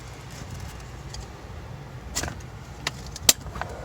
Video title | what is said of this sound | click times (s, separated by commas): VRSF N54 Charge Pipe Install ~ Crazy BOV Sound! | we really hear it click ok | 3.3 s